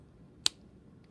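A plastic cap is pushed back onto a felt-tip marker to keep it from drying out, giving one sharp, bright click at 0.5 s against a quiet background, followed by a faint tick near 1.0 s. The cap snaps on and is seated.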